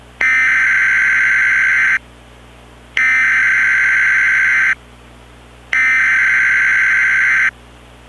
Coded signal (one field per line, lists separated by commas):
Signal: Emergency Alert System (SAME) tones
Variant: header bursts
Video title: DASDEC EAS Mock- Macomb and St. Clair Tornado Warning